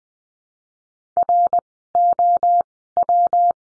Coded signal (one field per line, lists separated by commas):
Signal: Morse code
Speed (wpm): 20 wpm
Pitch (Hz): 700 Hz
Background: none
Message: ROW